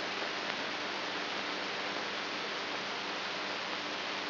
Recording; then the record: brain microelectrode recording played as sound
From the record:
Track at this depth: outside the subthalamic nucleus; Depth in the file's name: 5.512 mm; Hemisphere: right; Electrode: 2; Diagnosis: Parkinson's disease